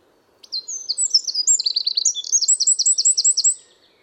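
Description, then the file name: Eurasian wren song: a three-second burst of sharp, high notes quickening into a rattling trill before stopping abruptly. "Troglodytes troglodytes"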